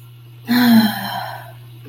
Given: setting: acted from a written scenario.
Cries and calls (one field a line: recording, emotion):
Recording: vocal sound without words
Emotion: contentment